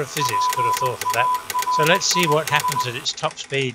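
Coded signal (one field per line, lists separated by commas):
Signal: Morse code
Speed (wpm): 20 wpm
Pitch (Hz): 1000 Hz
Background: speech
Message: PARIS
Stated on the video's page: Computer-sent telegraph data received and printed by an 1868 clockwork-powered Wheatstone Automatic telegraph receiver/printer, heard with computer audio on.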